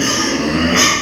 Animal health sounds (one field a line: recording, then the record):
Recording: squeal of a Yucatan mini pig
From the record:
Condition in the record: before surgery on the right vocal fold (resection and tissue-engineered implant)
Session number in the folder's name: 2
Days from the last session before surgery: 0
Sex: male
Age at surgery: 12 weeks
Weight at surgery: 13 kg